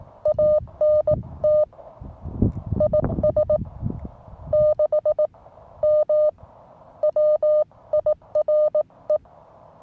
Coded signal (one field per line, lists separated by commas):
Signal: Morse code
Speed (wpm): 18 wpm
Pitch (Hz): 610 Hz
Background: none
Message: ANT IS 6 M WIRE